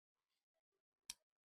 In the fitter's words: So the module is locked in the harness right now.